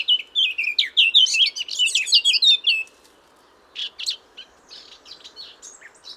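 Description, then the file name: Eurasian blackcap song, a quick run of bright warbled and whistled notes lasting about three seconds, then softer scattered chirps. "Sylvia atricapilla"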